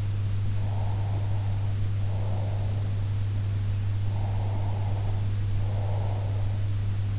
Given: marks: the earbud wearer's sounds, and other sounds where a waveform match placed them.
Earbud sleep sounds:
sounds in sleep by an in-ear microphone; breath
0.59-2.93 s: breath
4.13-6.56 s: breath

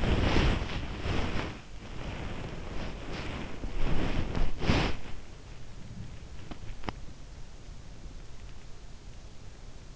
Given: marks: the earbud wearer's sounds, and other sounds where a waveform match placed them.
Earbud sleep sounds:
sounds in sleep by an in-ear microphone; body movement
0.00-5.11 s: body movement
5.91-7.20 s: body movement

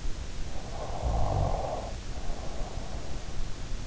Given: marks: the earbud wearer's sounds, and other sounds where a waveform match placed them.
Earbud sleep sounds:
sounds in sleep by an in-ear microphone; snoring breath
0.51-3.33 s: snoring breath

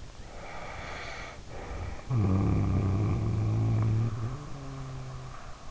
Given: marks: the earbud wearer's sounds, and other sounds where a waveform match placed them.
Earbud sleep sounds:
sounds in sleep by an in-ear microphone; snoring breath
0.17-5.71 s: snoring breath

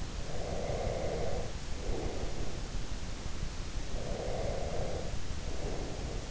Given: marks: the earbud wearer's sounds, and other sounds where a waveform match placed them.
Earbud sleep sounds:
sounds in sleep by an in-ear microphone; breath
0.34-2.89 s: breath
3.97-6.31 s: breath

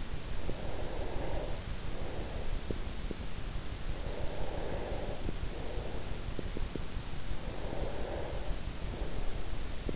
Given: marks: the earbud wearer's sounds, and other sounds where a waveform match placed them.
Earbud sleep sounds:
sounds in sleep by an in-ear microphone; breath
0.00-3.42 s: breath
3.57-6.65 s: breath
7.23-9.77 s: breath

